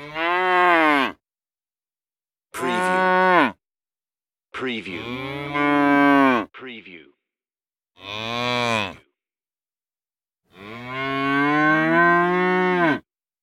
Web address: the sound pack tree. cow moos